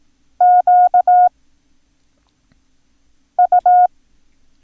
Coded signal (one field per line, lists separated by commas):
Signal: Morse code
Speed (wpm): 18 wpm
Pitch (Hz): 720 Hz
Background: none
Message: Q U